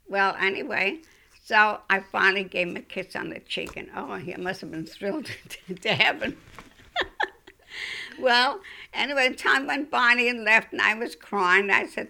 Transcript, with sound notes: Well, anyway, so, I finally gave him a kiss on the cheek, and, oh, he must have been thrilled to heaven. (she laughs) Well, anyway, time went by, and he left, and I was crying,